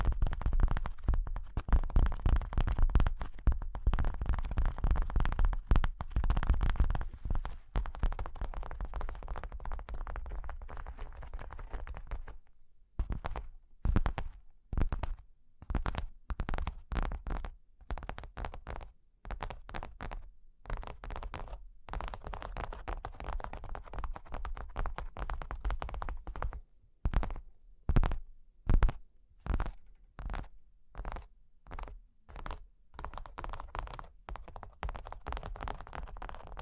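Cork and wood being tapped, scratched and traced. The first twelve seconds hold a dense, rough scratching with low rumble, then the sound breaks into many sharp, bright taps in quick irregular bursts, with softer rubbing strokes between them.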